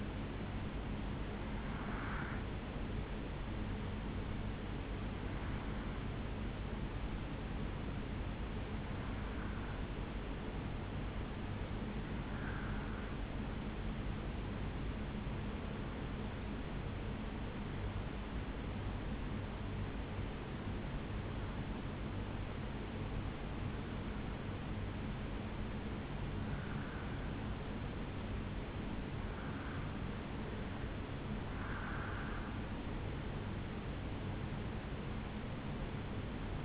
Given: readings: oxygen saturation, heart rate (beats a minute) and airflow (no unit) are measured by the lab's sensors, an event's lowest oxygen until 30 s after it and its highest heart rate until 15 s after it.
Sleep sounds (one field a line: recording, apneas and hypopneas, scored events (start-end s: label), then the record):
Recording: breathing in sleep by a voice recorder at the bedside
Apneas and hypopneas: 1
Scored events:
5.00-32.10 s: hypopnea (REM, oxygen 97% highest, then 85% lowest, heart rate 64 at the start, 75 highest)
From the record:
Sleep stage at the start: REM sleep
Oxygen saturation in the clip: 82 to 97%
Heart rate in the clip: 64 to 75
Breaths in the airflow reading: 9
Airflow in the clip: -2.6 to 4.4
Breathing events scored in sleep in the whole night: 449 in 7.0 hours asleep